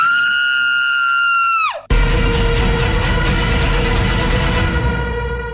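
A woman lets out a high, sustained scream for nearly two seconds, her pitch sliding sharply downward before it breaks off into loud, harsh static with a faint pulsing rhythm.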